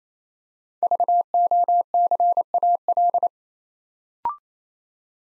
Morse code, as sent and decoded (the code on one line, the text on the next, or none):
...- --- -.-. .- .-..
VOCAL